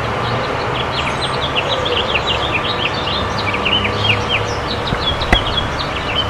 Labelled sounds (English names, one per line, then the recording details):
House Finch song
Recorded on Long Island, New York, on 23 June 2012
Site AP
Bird C